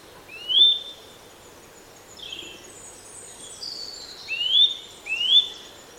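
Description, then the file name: Eurasian nuthatch calls: several rising whistled notes given singly, with fainter high notes between them. "Sitta europaea"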